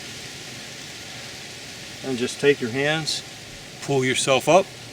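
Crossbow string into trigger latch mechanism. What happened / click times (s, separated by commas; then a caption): Handled, not yet home: no latch click, only talk over steady background noise / none. A Mission MXB 320 crossbow is being cocked by hand, with the string pulled up toward the trigger latch mechanism. Someone talks over a steady hiss of background noise. Nothing has seated or clicked yet.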